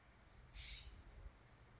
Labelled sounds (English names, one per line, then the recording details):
California Scrub-Jay
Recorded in Sonoma County, California